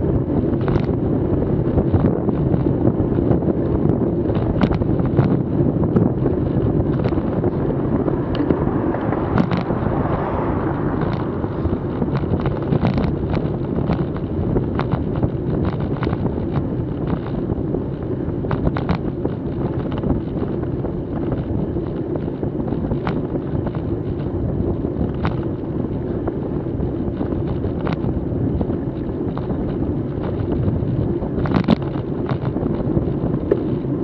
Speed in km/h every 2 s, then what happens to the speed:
34, 33, 32, 29, 28, 26, 25, 25, 24, 25, 25, 25, 25, 25, 25, 25, 26.
0-15 slows to 24. 15-34 steady at about 25.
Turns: none.